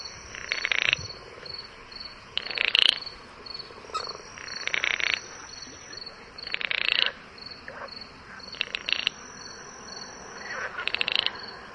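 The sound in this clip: Frog calls, short rattling bursts of croaks repeated at fairly regular intervals, against a steady high-pitched buzz.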